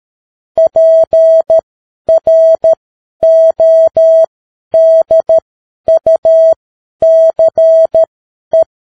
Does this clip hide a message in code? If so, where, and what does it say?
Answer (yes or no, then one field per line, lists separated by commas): yes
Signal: Morse code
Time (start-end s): 0.6-8.6 s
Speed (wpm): 13 wpm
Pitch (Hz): 650 Hz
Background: none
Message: PRODUCE